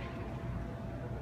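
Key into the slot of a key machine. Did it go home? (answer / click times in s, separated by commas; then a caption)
no / none. A metal key is pushed into the slot of a key-handling machine, and a steady low-pitched hum fills the whole clip with no sharp transient. The key has not seated or clicked yet.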